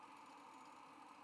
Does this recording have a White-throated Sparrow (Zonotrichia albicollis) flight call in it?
no